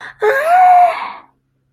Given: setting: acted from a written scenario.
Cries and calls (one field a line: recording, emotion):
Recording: vocal sound without words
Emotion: fear